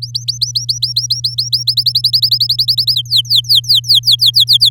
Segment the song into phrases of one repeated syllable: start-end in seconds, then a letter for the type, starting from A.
0.02-1.63 A, 1.67-2.93 B, 2.94-4.69 C